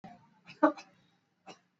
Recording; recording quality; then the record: shallow voluntary cough; excellent, no background noise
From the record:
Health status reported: exposed to COVID-19, no respiratory illness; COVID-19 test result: not tested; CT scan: not taken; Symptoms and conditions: none ticked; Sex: male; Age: 24 years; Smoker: no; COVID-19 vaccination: both doses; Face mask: worn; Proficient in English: yes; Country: India